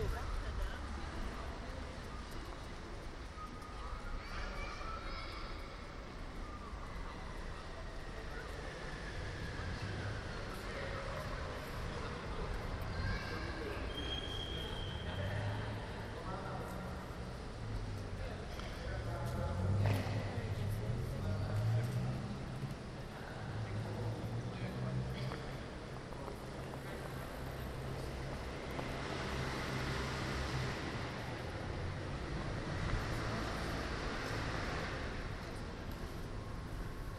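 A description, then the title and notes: A walk through the city, with a steady wash of traffic and passing cars rumbling low throughout. Voices come and go in the background, and a louder vehicle swells past around twenty seconds in, with another brighter pass near thirty seconds. A walk through the city - part 1 The Hague. Recordings made with a Zoom H2 with extra SP-TFB-2 binaural microphones. It's all in the city of The Hague, the Netherlands.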